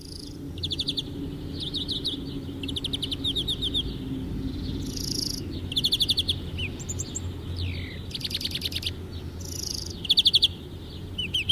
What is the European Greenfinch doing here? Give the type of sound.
song